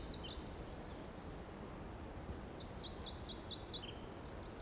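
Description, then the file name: Mugimaki flycatcher song: thin, high chirping notes, a brief phrase at the start and a quick twittering run near three seconds, over steady low rumbling background noise. Recorded on 16 June 2012. "Mmugimakii Dacha"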